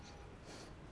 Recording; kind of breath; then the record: one breath in and out by a microphone near the nose and mouth; strong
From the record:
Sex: male